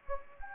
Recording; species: mosquito wingbeat signal from an infrared sensor; Anopheles gambiae